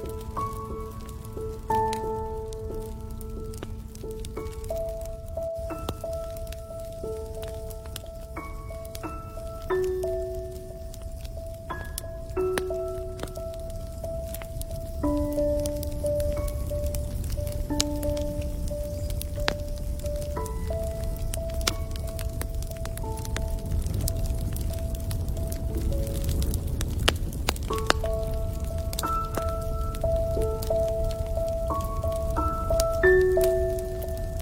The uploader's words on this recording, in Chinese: 篝火声。